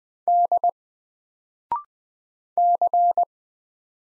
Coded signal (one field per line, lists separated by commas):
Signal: Morse code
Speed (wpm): 20 wpm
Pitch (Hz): 700 Hz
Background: none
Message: D C